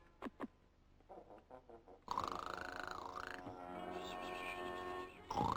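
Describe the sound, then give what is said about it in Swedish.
Exaggerated cartoon-style snoring: a few soft rasping breaths, then a loud, sustained buzzing snore with a whistling tone that dips and rises in pitch, ending in a sharp squeal. “Snarkar du en gång till så kommer jag att göra...”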